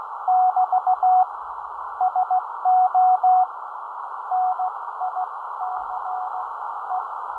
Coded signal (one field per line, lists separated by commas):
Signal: Morse code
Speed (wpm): 17 wpm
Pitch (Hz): 740 Hz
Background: none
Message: <BT> SO NICE